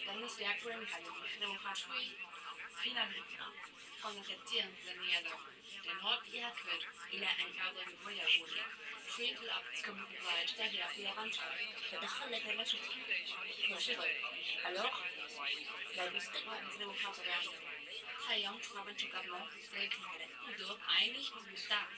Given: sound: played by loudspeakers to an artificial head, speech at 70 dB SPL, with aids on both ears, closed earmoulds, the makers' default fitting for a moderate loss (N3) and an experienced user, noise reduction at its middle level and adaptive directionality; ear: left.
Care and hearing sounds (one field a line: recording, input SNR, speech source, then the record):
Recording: speech test signal (ISTS) in cocktail-party noise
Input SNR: +3 dB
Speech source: on the right (90 degrees)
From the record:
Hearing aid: class 1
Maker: I